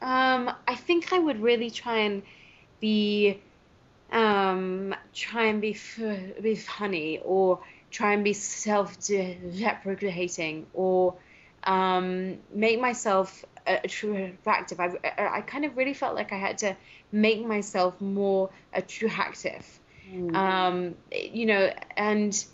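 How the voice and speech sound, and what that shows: Adult woman who stutters, speaking with part-word repetitions, prolonged 'um' sounds and silent blocks typical of stuttering. She took a stuttering course at 25 and now uses voluntary stuttering.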